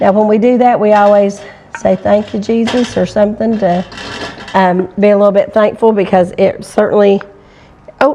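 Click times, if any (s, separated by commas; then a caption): 8.0 s. A metal canning lid on a glass jar of freshly water-bath-canned strawberry jam, cooling on the counter, pulls down under vacuum and seals. Someone talks throughout, then a sharp pop is heard at 8.0 s as the lid seals.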